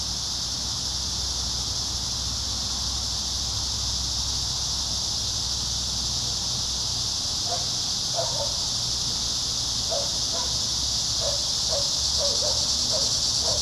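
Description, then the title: Cicadas droning in a continuous high buzz; a few short mid-pitched sounds break in during the second half, over a low background rumble. Several cicadas singing in a park. "neoscenes: cicadas in the park"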